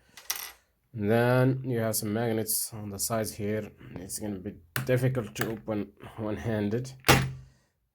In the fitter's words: just snaps in place like that